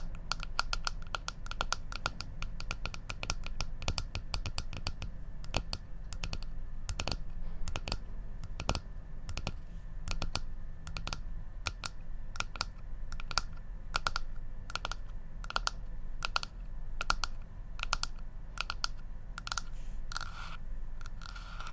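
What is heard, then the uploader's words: Crisp tapping runs through all 22 seconds, dense and uneven, with quick clusters of clicky strikes and short pauses between them. Each tap is sharp and bright, with a faint low hum underneath. ASMR Tapping For Sleep & Relaxation (No Talking).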